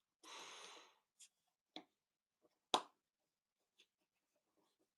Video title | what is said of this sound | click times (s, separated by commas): What’s in the Bag?! Kansept & Tenable Pre- Blade Show 2025 Special! | I heard positive click. | 2.7 s